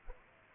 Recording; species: mosquito wingbeat signal from an infrared sensor; Culex pipiens